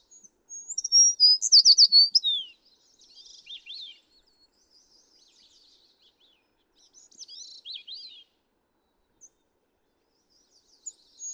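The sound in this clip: American tree sparrow singing one bright high phrase of clear notes and quick slurred chips with a falling end, followed by fainter, scattered high twittering fragments.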